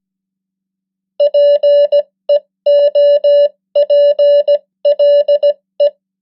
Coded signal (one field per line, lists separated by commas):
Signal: Morse code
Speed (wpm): 17 wpm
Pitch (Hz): 580 Hz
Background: none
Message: PEOPLE